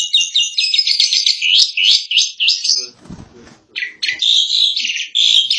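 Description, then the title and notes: Asian pied starling song: rapid chattering and whistled notes, a brief pause with a soft low rustle, then loud squeaky phrases resume. Song used for masteran, the practice of tutoring songbirds. "jalak_suren. Kumpulan Bermacam macam Kicauan Burung Masteran"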